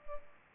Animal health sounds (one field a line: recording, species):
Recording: mosquito wingbeat signal from an infrared sensor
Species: Culex pipiens